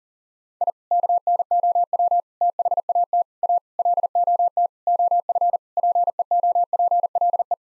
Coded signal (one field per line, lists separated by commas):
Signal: Morse code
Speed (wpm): 40 wpm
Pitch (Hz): 700 Hz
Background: none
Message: I KNOW THAT A LOT OF PEOPLE